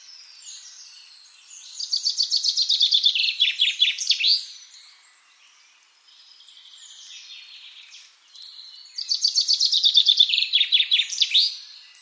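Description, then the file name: Common chaffinch giving two songs, each a cascading series of bright notes finished with an emphatic flourish, separated by quieter bird calls. "Fringilla coelebs"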